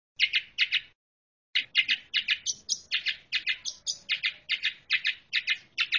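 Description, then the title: Long-tailed shrike song of many short, harsh notes repeated rapidly, with one short silence near the start. Champion bird. "Kicau Burung Cendet Juara"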